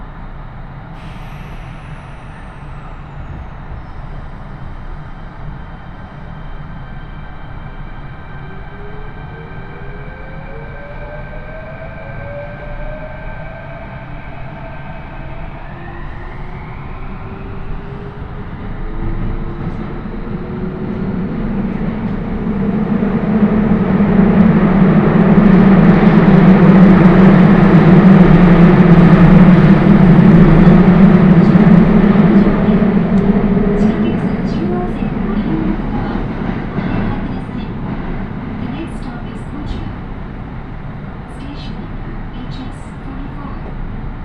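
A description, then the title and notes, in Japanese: A train rolls along on a railway journey, its low rumble steady throughout. Rising whines climb from about eight to twenty seconds as the motors pick up speed, then the noise swells into a loud roar around half a minute before easing off. 鉄道旅 汐見橋→岸里玉出→なんば→大物。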